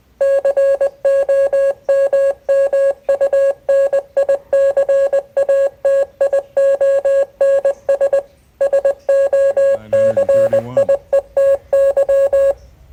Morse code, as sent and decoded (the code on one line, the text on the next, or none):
-.-. --- -- -- ..- -. .. -.-. .- - .. --- -. ... / ... --- -.-. .. . - -.--
COMMUNICATIONS SOCIETY